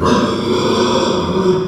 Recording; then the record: squeal of a Yucatan mini pig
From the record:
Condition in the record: after surgery on the right vocal fold (resection and tissue-engineered implant); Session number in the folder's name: 15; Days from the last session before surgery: 175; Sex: female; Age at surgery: 19 weeks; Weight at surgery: 25 kg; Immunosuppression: prednisolone